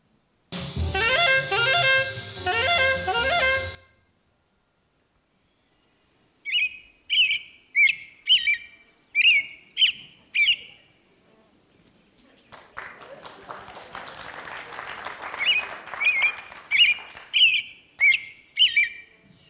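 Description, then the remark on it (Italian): An American robin sings a series of short, clear whistled phrases with brief pauses between them, later over a hissing, noisy background, after an opening burst of rich, harmonic musical tones. “da un sito che raccoglie tutti i canti degli uccelli di tutte le specie del mondo, e c'è una variante del tordo americano, l'American Robin, che canta esattamente nello stesso modo.”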